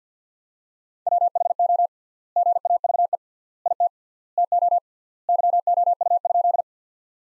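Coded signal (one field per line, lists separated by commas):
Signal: Morse code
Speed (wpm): 50 wpm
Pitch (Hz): 700 Hz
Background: none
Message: WHO GAVE IT TO YOU?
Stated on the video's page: Morse sentences built from the top 500 words at 50 wpm with 3x standard word spacing, a word-level analogue of Farnsworth spacing, for head-copy practice.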